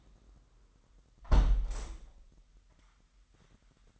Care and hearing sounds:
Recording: daily activity, microphone in the room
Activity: close window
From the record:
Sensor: 3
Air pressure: 998.5 hPa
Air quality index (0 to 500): 139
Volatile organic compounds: 4 ppm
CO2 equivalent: 1664 ppm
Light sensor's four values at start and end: 9/20/8/9 and 8/20/8/9

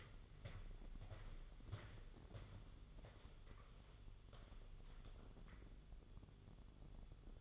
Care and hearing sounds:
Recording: daily activity, microphone in the room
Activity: walk to room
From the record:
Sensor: 4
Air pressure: 1009.0 hPa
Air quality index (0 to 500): 141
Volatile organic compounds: 2 ppm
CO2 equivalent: 1021 ppm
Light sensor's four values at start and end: 13/29/11/11 and 14/32/13/12

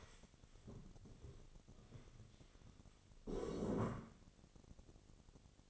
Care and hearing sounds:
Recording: daily activity, microphone in the room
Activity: stand up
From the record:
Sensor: 4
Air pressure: 1001.2 hPa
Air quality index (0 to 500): 182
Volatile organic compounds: 2 ppm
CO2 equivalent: 1306 ppm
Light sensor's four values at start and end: 13/30/12/12 and 13/30/12/12

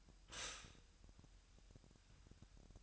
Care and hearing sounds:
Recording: daily activity, microphone in the room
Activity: stop toaster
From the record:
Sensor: 2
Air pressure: 1001.9 hPa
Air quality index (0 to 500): 247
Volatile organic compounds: 38 ppm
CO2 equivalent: 3119 ppm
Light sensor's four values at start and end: 9/30/12/11 and 9/30/12/11

